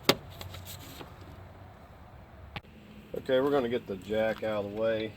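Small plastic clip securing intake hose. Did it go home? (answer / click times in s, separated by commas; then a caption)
yes / 0.1 s. A small plastic clip securing the intake hose on a 2013–2016 Dodge Dart is pushed back into place after the hose is refitted during a passenger-side engine mount replacement, giving a sharp click at 0.1 s as it seats. A couple of faint ticks follow, and then someone talks.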